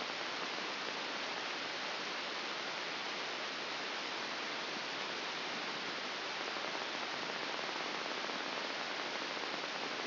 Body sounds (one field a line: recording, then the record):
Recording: brain microelectrode recording played as sound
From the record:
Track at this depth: inside the subthalamic nucleus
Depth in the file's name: 3.698 mm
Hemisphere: left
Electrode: 2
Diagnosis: Parkinson's disease